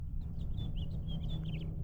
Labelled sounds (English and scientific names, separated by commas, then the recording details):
House Finch (Haemorhous mexicanus) song
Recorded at Oceanside on Long Island, New York, on 17 June 1975
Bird E